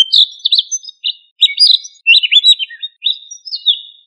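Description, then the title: Thrush singing a rapid string of sweet, warbled whistles, mixing up-slurs and down-slurs with short gaps, no other sounds. "Familia Turdidae - Sabia"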